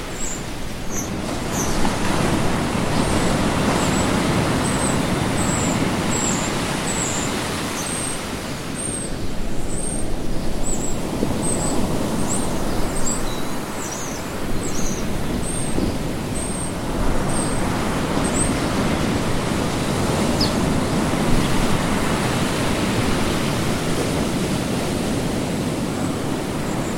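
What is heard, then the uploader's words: Ocean waves wash in a dense, steady roar with slow swells, easing briefly around ten seconds and again near sixteen. High, thin bird chirps repeat in a quick regular series through the first eighteen seconds, then fall mostly silent. Ocean Waves with birdsong - nature sounds.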